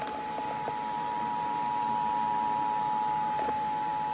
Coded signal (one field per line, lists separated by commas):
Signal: Emergency Alert System (SAME) tones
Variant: 853 and 960 Hz attention tone